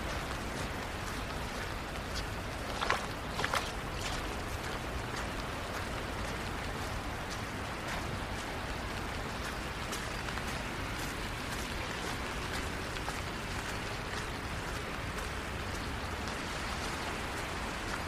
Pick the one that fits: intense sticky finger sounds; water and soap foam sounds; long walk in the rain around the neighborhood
long walk in the rain around the neighborhood